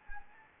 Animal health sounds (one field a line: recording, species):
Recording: mosquito wingbeat signal from an infrared sensor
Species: Anopheles gambiae